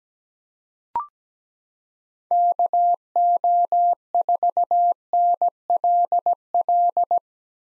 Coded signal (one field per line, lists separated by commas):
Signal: Morse code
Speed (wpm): 17 wpm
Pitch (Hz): 700 Hz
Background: none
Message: KO4NLL